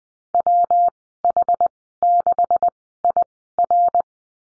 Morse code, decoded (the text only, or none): WH6IR